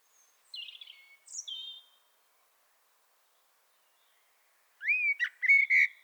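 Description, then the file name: Common blackbird giving short whistled notes, a few bright high chirps, then after a pause a rising whistle and a sharp warbled phrase. "Turdus merula"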